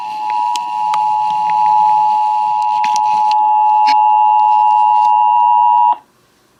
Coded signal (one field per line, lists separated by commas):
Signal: Emergency Alert System (SAME) tones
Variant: 853 and 960 Hz attention tone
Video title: AM/FM Radio/TV (EAS # 504-505) Required Monthly Tests 10/9-10/10/18